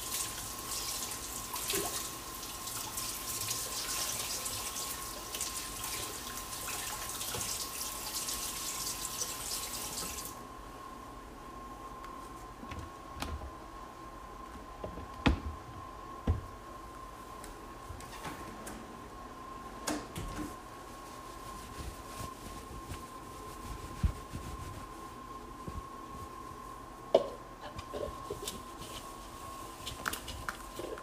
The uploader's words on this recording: ASMR Washing and Drying Large Bowl.